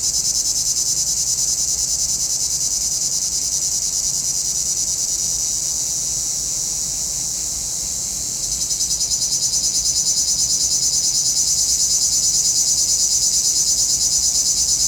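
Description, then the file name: Cicadas give a loud, rhythmic, high buzz; the pulses fade into an even hiss for a couple of seconds midway before the throbbing resumes. Cicadas in a pinewood. "Relaxing Music Therapy - Sounds from a Pinewood Cicadas"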